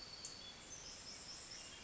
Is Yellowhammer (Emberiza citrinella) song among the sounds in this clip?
no